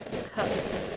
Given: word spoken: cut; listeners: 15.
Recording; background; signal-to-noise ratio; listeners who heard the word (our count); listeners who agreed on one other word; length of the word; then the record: one English word in noise, from a listening test; noise modulated by three-talker babble; -4.6 dB; 3 of 15; 8 of 15; 0.57 s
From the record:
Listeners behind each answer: 8, 3, 2, 1, 1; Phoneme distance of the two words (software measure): 10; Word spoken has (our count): 1 syllable, 3 phonemes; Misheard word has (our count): 1 syllable, 3 phonemes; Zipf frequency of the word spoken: 5.35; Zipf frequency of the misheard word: 5.09